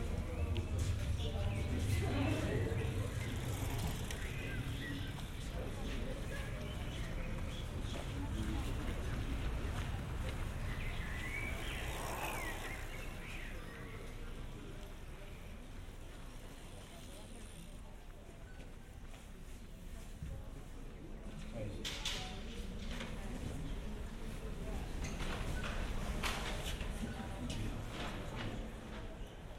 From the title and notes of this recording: Generative soundscape based on a two-dimensional random walk between four binaural soundscapes recorded in Amsterdam. Art lovers at the Stedelijk Museum.